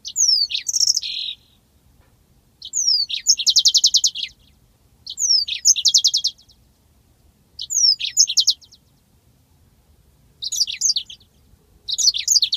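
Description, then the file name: Yellow-fronted canary singing repeated short phrases every two to three seconds, each opening with sharp whistled slurs and most running into a fast buzzy trill, with quiet pauses between phrases. "mozambik omkicau"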